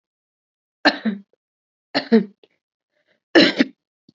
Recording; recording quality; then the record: shallow voluntary cough; excellent, no background noise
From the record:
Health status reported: COVID-19 positive, mild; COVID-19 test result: positive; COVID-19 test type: RT-PCR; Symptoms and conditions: cold, fever, fatigue, muscle pain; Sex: female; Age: 30 years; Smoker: no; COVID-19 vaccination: both doses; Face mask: not worn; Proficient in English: yes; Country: India